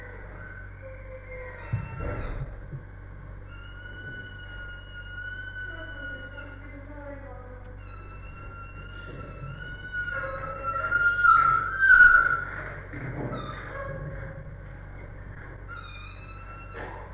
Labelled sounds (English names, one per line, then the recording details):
Chimpanzee
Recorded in captivity
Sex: diverse
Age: adult
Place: Tierpark Berlin, Berlin, DE
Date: 1961-01-25
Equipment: Smaragd
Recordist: Korde and Stein